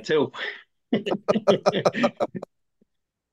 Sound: laughing